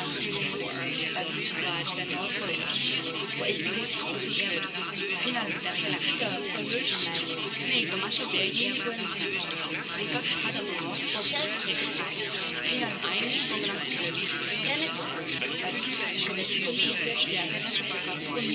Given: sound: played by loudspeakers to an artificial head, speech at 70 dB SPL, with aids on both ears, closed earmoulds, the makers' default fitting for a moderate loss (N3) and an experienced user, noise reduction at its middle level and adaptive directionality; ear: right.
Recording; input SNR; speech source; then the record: speech test signal (ISTS) in cocktail-party noise; -6 dB; in front (0 degrees)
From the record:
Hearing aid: class 1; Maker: A